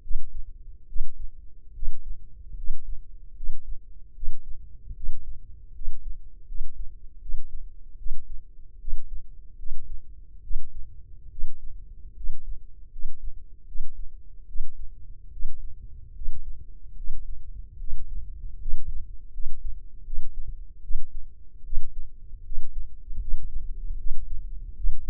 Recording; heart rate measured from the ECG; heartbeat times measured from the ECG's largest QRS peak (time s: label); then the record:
heart sounds by microphone in the left ear; 75 bpm
0.01 s: heartbeat
0.86 s: heartbeat
1.73 s: heartbeat
2.55 s: heartbeat
3.34 s: heartbeat
4.13 s: heartbeat
4.93 s: heartbeat
5.72 s: heartbeat
6.45 s: heartbeat
7.19 s: heartbeat
7.96 s: heartbeat
8.78 s: heartbeat
9.56 s: heartbeat
10.41 s: heartbeat
11.29 s: heartbeat
12.14 s: heartbeat
12.90 s: heartbeat
13.65 s: heartbeat
14.46 s: heartbeat
15.30 s: heartbeat
16.13 s: heartbeat
16.95 s: heartbeat
17.78 s: heartbeat
18.58 s: heartbeat
19.31 s: heartbeat
20.03 s: heartbeat
20.81 s: heartbeat
21.63 s: heartbeat
22.43 s: heartbeat
23.19 s: heartbeat
23.96 s: heartbeat
24.74 s: heartbeat
From the record:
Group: healthy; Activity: rest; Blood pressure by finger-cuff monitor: 127/79 mmHg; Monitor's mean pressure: 94 mmHg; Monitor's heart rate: 74 bpm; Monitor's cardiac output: 6.2 L/min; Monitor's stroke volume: 82 mL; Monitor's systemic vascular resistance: 1110 dyn s/cm5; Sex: male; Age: 21 years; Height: 180 cm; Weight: 67.5 kg